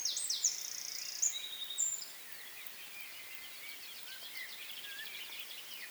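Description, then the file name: Eurasian wren giving a short burst of high, rattling trills at the start, followed by quiet background. "Troglodytes troglodytes"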